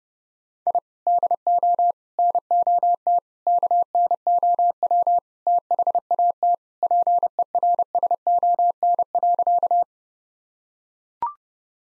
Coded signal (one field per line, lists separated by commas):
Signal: Morse code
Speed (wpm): 30 wpm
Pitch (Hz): 700 Hz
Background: none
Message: I DO NOT KNOW THAT PERSON.